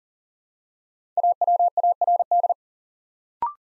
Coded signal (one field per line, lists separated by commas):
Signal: Morse code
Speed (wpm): 40 wpm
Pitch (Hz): 700 Hz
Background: none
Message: AWARD